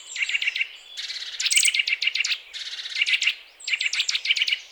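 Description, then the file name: Eurasian nuthatch gives rapid, high, clipped chirps in dense runs separated by short gaps. "Sitta europaea"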